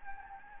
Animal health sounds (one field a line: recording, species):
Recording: mosquito wingbeat signal from an infrared sensor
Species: Anopheles gambiae